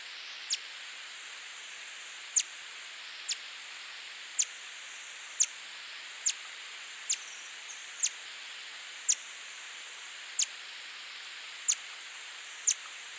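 Green-throated mango calls: sharp high ticking notes repeated about once a second over a steady hiss.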